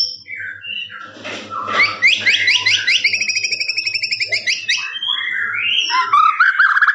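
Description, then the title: Lovebird song, a rapid pulsing trill of high chirps repeated quickly over several seconds, ending in rising squeaky notes. Long "ngekek" trilling song used as master recording for training birds. "FULL DURASI MASTERAN LOVEBIRD NGEKEK PANJANG"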